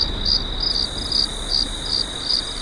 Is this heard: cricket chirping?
yes